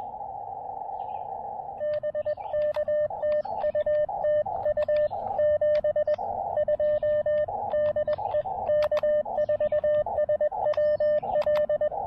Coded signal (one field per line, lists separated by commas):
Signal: Morse code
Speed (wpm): 20 wpm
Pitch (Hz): 590 Hz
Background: radio noise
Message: BK TU TU 72 DE K4SWL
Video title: SOTA on Hibriten Mountain: Quick hike, pack test, and QRP summit fun!